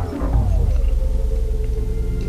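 A deep, rumbling, fluttering snore from a sleeping adult, with a rapid vibrating buzz and a slightly falling pitch.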